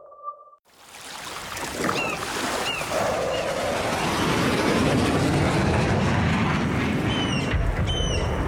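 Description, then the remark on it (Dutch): After two brief electronic tones, a loud, rushing roar of low-flying fighter jets firing live rounds over the Wadden swells in and holds steady, a dense rumbling wash with faint high whistling chirps scattered through it. “Laagvliegende straaljagers schieten met scherp.”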